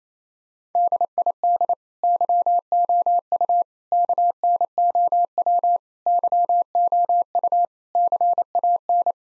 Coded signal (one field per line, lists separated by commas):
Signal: Morse code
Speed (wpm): 27 wpm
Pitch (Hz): 700 Hz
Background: none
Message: DID YOU KNOW YOU CAN